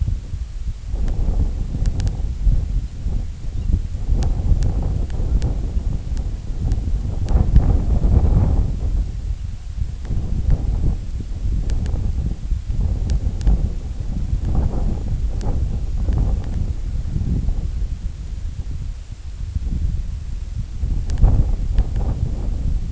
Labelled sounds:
American Golden-plover

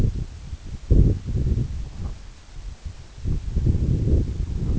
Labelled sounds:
none

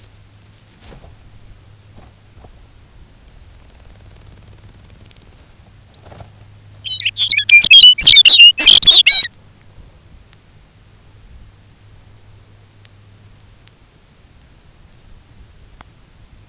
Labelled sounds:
Lapland Longspur

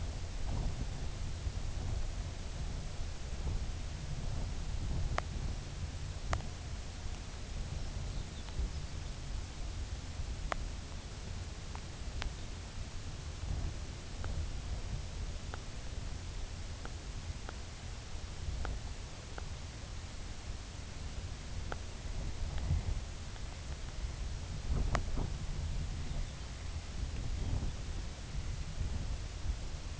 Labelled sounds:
unidentified sound
Dunlin

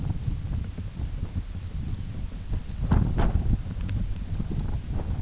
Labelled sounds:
none

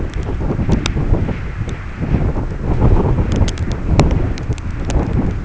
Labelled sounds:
none

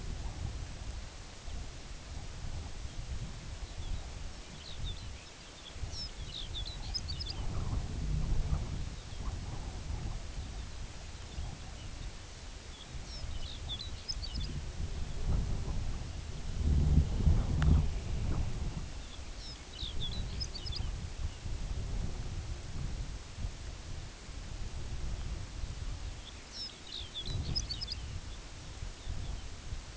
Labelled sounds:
Lapland Longspur
unidentified sound

